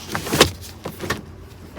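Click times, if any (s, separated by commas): none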